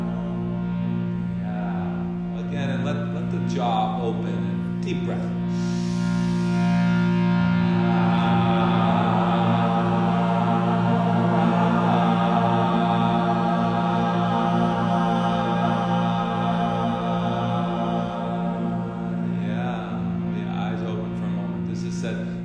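A steady, ringing drone of singing bowls and harmonium holds low tones throughout, swelling midway, with faint voices and soft bell strikes near the start and end.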